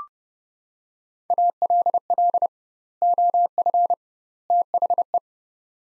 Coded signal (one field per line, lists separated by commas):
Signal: Morse code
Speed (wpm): 30 wpm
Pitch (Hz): 700 Hz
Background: none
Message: ALL OF THE